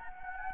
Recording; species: mosquito wingbeat signal from an infrared sensor; Anopheles gambiae